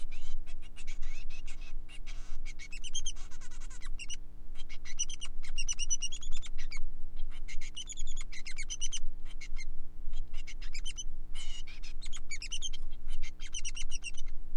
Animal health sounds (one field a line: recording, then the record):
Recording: song of a male Bengalese finch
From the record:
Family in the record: son of father 3